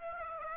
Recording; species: mosquito wingbeat signal from an infrared sensor; Aedes aegypti